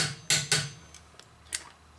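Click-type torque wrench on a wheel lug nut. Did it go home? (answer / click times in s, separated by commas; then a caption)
yes / 0.3 s, 0.5 s. A click-type torque wrench on a wheel lug nut is pulled until it breaks over at its setting. It gives a sharp double click at 0.3 s and 0.5 s, followed by softer faint ticks. The wrench clicks at its set torque.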